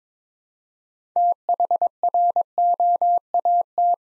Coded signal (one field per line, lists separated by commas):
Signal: Morse code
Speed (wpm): 22 wpm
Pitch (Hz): 700 Hz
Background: none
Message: THROAT